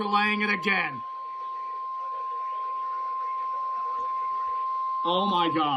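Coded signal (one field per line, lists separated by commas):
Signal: Emergency Alert System (SAME) tones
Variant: 1050 Hz attention tone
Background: speech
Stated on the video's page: High wind warning.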